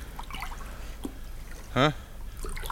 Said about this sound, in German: Jetzt fängst du auch schon an, von dem Wasser da zu trinken.